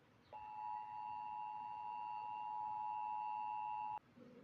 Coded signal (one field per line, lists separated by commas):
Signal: Emergency Alert System (SAME) tones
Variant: 853 and 960 Hz attention tone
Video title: EAS scenario the bus incident (REUPLOAD)